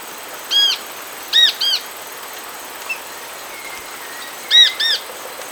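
Bird calls: short arched notes, first single, then a pair, then another pair about three seconds later, over steady faint hiss.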